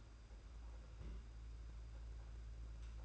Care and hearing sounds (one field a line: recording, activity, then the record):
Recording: daily activity, microphone in the room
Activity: place on stove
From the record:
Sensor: 2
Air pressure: 991.8 hPa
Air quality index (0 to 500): 232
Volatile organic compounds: 1000 ppm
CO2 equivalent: 7783 ppm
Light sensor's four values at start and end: 19/60/23/22 and 19/60/23/22